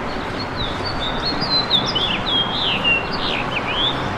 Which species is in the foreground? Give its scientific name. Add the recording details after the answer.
Haemorhous mexicanus. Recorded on Long Island, New York, on 21 June 2011. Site IT. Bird D